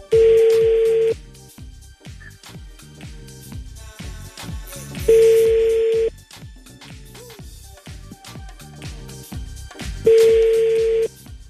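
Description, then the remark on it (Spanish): Telephone tones from a number being dialed on a private line sound out as three long, steady beeps spaced about five seconds apart, heard over a rhythmic, beat-driven music track with no talking. “Marquemos por línea privada, ¿no?”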